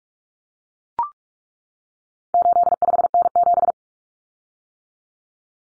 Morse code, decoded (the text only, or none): 85N7